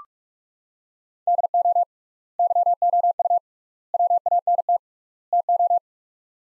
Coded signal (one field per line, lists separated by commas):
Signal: Morse code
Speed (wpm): 47 wpm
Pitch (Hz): 700 Hz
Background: none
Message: DO YOU WANT TO